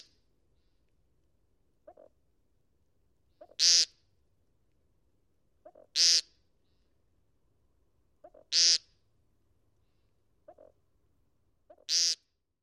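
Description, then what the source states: American woodcock giving loud buzzy nasal peents every few seconds, each preceded by a soft low throaty note. Peent calls and soft throaty notes.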